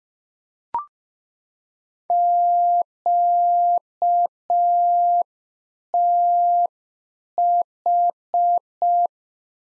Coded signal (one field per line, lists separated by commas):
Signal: Morse code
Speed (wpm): 5 wpm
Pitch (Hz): 700 Hz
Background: none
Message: QTH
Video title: Practice QSO - Exchange 1- Beginning - 5wpm